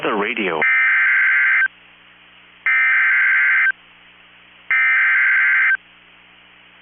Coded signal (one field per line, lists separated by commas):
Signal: Emergency Alert System (SAME) tones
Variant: header bursts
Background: speech